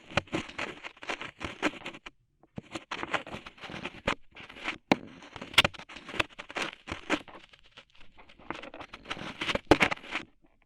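Rhinestones and clay being picked and peeled away for tingly ear-cleaning sounds: a dense run of small crackles, taps and scratchy patters. Sharp clicks pop out now and then, with brief silent gaps near the two- and four-second marks.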